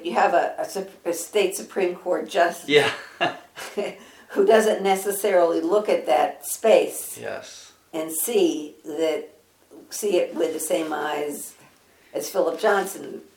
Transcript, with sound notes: you have a State Supreme Court Justice [laughter] who doesn’t necessarily look at that space and see it with the same eyes as Philip Johnson.